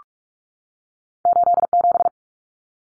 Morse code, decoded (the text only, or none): 87